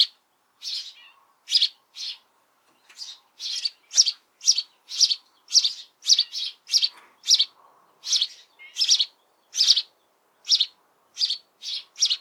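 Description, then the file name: House sparrow chirping persistently, many short loud chirps in quick succession with brief pauses. "Passer domesticus"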